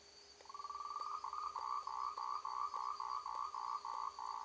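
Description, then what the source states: Frog calling in a fast pulsed trill that breaks into a steady series of short rattling pulses, about three per second. Recorded on 15 March 2021 at night, 20:47.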